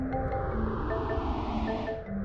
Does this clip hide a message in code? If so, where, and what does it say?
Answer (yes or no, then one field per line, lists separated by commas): no